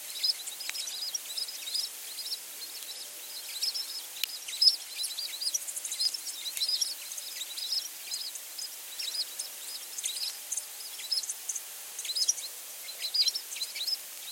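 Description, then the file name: American tree sparrow calls, scattered high, thin chirps and sharp tinkling notes in loose irregular bursts over a soft background hiss. "Spizella arborea - American Tree Sparrow"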